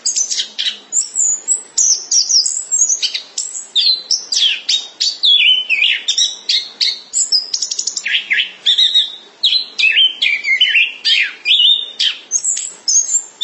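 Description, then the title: Thrush in full song, a long continuous flow of sharp high notes, whistles and rapid chattering phrases. "burung anis x"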